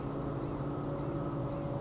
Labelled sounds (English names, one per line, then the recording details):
Blue-gray Gnatcatcher
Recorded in Sonoma County, California